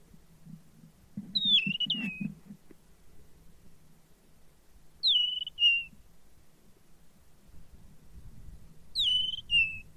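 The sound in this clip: Bird giving three sharp whistled calls, each dropping in pitch and then holding steady, spaced a few seconds apart, with low rumbling noise beneath.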